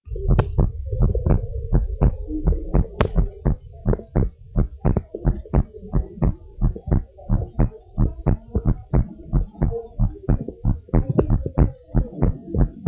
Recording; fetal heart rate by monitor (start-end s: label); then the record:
heart sounds of a pregnant woman by stethoscope
no fetal heartbeat
From the record:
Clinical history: premature rupture of membranes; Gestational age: 29 weeks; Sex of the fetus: boy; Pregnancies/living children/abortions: 1/0/0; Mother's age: 38 years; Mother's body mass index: 25.5